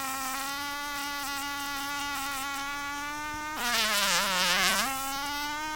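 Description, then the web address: Fly buzzing: a steady, droning hum that surges louder and lower in pitch for about a second before settling back to an even drone. Fly buzzing furiously while caught in a spider's web as the spider wraps it. "furiously buzzing fly spiders web being twining spider"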